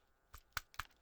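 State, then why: Seated. A LayLax Desert Eagle airsoft pistol, being tested at minus 10 degrees, has its frost-stuck metal slide pushed forward by hand until it goes fully into battery on the frame. A faint tick at 0.3 s is followed by a sharp click at 0.6 s as the slide seats, then another short double click around 0.7–0.8 s. The slide is confirmed fully home.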